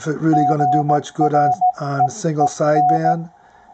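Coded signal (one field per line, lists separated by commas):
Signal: Morse code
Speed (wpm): 17 wpm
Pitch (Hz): 720 Hz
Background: speech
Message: GREEN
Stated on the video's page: Received on a Ten-Tec Omni VI with a Timewave DSP-9 filter reducing noise.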